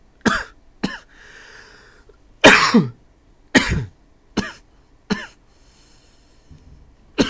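About nine sharp, explosive coughs from an adult over roughly nine seconds, some single and some in quick pairs, each with a harsh, noisy release. Quiet breaths are audible between a few of the bursts. Plain repeated coughing in a quiet room.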